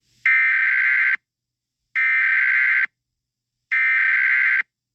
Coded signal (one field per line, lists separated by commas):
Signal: Emergency Alert System (SAME) tones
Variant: header bursts